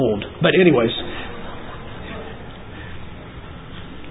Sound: laughter